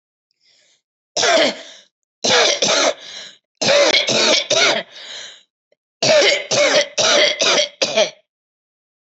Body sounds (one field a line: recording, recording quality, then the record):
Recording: heavy voluntary cough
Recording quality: excellent, no background noise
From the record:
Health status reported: healthy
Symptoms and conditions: none ticked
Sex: female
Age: 52 years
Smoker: not ticked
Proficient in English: yes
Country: India